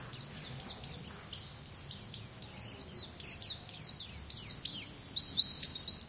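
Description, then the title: White-eye giving a steady stream of high, quick chirps over background hiss, becoming louder and busier near the end. "Pleci"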